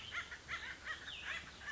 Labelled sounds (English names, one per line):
Cassin's Vireo